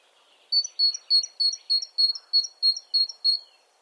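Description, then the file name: Great tit song: roughly ten crisp, high two-note phrases repeated evenly, about three each second, over quiet background. "Parus major"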